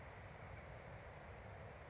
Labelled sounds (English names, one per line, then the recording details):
California Towhee
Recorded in Sonoma County, California